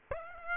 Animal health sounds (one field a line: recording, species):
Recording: mosquito wingbeat signal from an infrared sensor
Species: Aedes aegypti